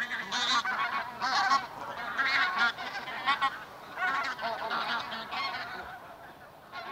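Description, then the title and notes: Bean Goose flock honking: a series of nasal, harmonic calls from several birds, overlapping and repeated irregularly. "Metsähanhi."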